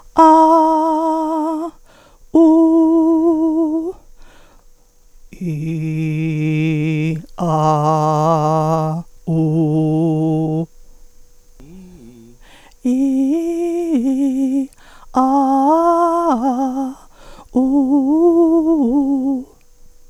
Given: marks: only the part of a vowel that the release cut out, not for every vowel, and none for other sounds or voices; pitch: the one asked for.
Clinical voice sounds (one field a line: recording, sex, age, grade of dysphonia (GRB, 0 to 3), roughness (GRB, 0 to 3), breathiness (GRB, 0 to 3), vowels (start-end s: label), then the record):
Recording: sustained vowels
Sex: female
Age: 60 to 69 years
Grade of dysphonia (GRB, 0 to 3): 2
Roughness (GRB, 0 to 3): 1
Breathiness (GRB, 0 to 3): 1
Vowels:
0.24-1.55 s: vowel /a/, high pitch
2.40-3.79 s: vowel /u/, high pitch
5.83-7.08 s: vowel /i/, low pitch
7.48-8.88 s: vowel /a/, low pitch
9.34-10.58 s: vowel /u/, low pitch
12.91-14.57 s: vowel /i/, low-high-low pitch
15.21-16.82 s: vowel /a/, low-high-low pitch
17.59-19.32 s: vowel /u/, low-high-low pitch
From the record:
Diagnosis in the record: psychogenic dysphonia, dysodia (singing voice disorder)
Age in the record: 62 years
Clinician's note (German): Funktionell